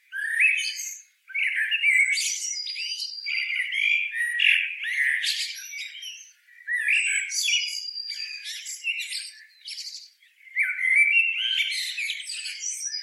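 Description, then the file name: Eurasian blackbird song with almost continuous phrases of rich warbling and shrill high squeaks, broken by short pauses. "Turdus merula"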